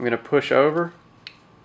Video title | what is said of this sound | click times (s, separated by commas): Spyderco LionSpy Review | You see the lock bar move and you hear it click. | 1.3 s